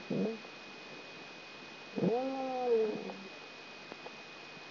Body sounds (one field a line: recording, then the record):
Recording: brain microelectrode recording played as sound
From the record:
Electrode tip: outside the subthalamic nucleus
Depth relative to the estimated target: -6 mm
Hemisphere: left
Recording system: AlphaMap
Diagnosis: Parkinson's disease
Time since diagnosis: 7 years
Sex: female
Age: 56 years